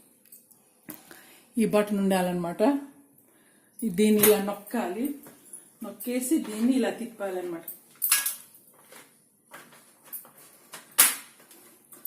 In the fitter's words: lock అయిపోయింది ఇప్పుడు నేను స్టవ్ వెలిగిస్తున్నాను